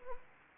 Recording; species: mosquito wingbeat signal from an infrared sensor; Anopheles gambiae